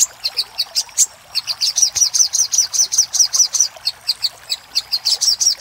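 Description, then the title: Little spiderhunter song: quick series of sharp, high chips with short pauses. Masteran (tutor) recording of sogok ontong song, used to train cage birds; labelled Labaik. "Masteran Burung Sogok Ontong Labaik"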